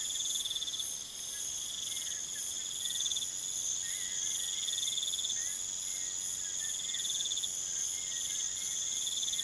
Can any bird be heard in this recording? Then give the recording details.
no. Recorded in pastures near Puerto Asís, Putumayo, Colombia, on 29 June 2025 at 23:00. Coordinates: 0.486, -76.323. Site H29